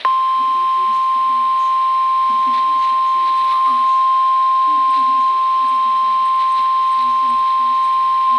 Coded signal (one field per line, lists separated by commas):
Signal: Emergency Alert System (SAME) tones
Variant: 1050 Hz attention tone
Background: speech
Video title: 2019 NATIONAL TEST + SEVERE WEATHER | 8/7/2019 (EAS #525-42)